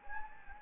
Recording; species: mosquito wingbeat signal from an infrared sensor; Anopheles gambiae